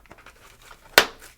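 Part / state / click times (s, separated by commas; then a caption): headphone module into VR head strap / seated / 1.0 s. A plastic audio/headphone module for the Kiwi Design K4 Duo AIO Audio Head Strap with battery, made for the Meta Quest 3/3s, is lined up with its matching L/R side of the strap and pushed in. After a few faint soft handling ticks, one sharp, bright click sounds at 1.0 s as the module seats into the strap.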